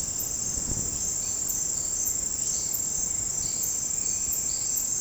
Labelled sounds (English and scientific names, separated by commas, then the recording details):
Bright-rumped Attila (Attila spadiceus)
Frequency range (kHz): Bright-rumped Attila (Attila spadiceus) 2.0-2.9 kHz
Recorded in dense forest near Puerto Asís, Putumayo, Colombia, on 18 February 2024 at 07:30
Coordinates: 0.486, -76.316
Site G6437